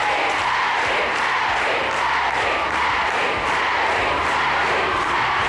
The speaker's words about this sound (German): damit natürlich auch ein nicht enden wollendes Kreischkonzert.